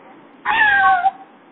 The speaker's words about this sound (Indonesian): Ada suara kucing kan?